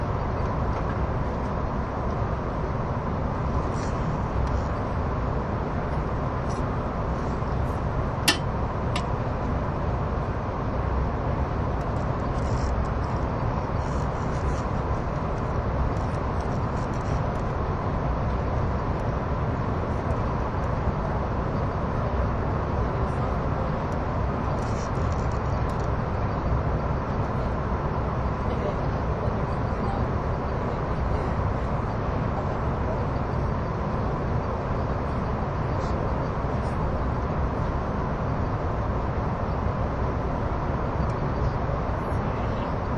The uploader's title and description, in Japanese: SBB線 EC311レ02 Arth-Goldau～Bellinzona。スイスでは主力の車体傾斜車両であるETR610形EC、高速性能と曲線通過性能の両者の本領を発揮できるゴッタルドトベーシトンネルルートの列車を収録したものです。